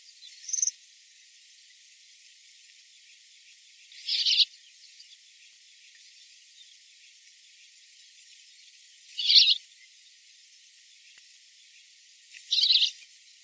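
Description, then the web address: Crimson bunting giving short, high, chipping calls in four separate bursts spaced several seconds apart, with quiet gaps between. "crimson bunting bird call"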